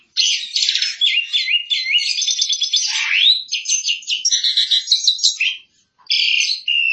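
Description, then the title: Asian pied starling in continuous varied song: gliding whistles, rattling trills and squeaky chatter, one sweeping rising note, ending after a short pause. Song described as full isian, a full song repertoire. "Jalak Suren Full Isian"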